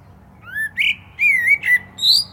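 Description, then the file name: Common blackbird song: a run of clear, fluty whistled phrases, sliding and warbling, ending on a higher rising note. "Turdus merula"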